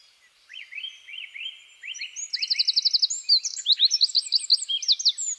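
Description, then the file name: Eurasian wren song: a few rising chirps, then a fast even trill and a loud cascade of shrill, tumbling high notes. "Troglodytes troglodytes"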